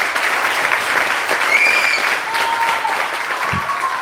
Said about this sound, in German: Ja, das ist doch ein Applaus wert.